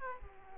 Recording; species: mosquito wingbeat signal from an infrared sensor; Aedes aegypti